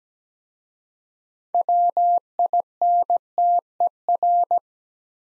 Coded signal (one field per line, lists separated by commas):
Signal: Morse code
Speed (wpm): 17 wpm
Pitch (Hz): 700 Hz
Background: none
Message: WINTER